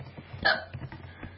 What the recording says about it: These hiccups have been making me like fast today. Getting really sore.